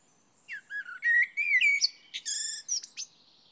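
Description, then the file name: Common blackbird song: a run of fluty, slightly rising whistles that turns into shrill, squeaky twittering at the end. "Turdus merula"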